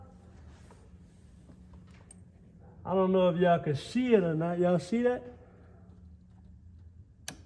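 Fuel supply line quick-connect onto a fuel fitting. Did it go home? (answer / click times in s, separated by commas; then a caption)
yes / 7.3 s. A fuel supply line's quick-connect fitting is pushed onto a 6 AN fitting coming off the stock fuel supply while someone talks. A single sharp, loud click at 7.3 s marks the fitting seating in place.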